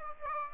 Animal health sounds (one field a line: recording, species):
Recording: mosquito wingbeat signal from an infrared sensor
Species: Aedes aegypti